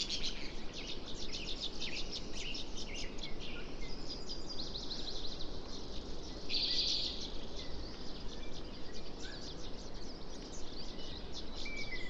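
In Pipestone Canyon, Eastern Washington, dense steady bird chirping and trilling layers over a constant low rumble, with one sharp bright call near seven seconds.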